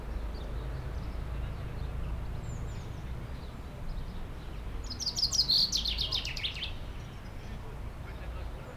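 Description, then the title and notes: Common chaffinch gives one ringing descending trill with a terminal flourish midway, after a faint chirp, while a low rumble continues. Singing in a tree while preening, 30 Rue Eugène Fert, Aix-les-Bains, France; faint Sierroz stream in background. "30 Rue Eugène Fert, 73100 Aix-les-Bains, France - Pinson des arbres. Un pinson chante dans un arbre et je le vois faire sa toilette, une petite séquence différente de sa ritournelle habituelle"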